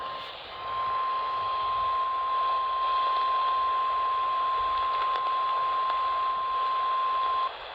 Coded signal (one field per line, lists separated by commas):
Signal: Emergency Alert System (SAME) tones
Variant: 1050 Hz attention tone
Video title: eas FFW Eas#314